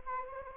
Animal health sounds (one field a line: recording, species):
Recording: mosquito wingbeat signal from an infrared sensor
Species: Anopheles arabiensis